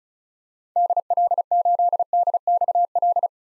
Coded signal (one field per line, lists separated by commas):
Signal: Morse code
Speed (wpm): 34 wpm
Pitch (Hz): 700 Hz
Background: none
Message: DL8DXL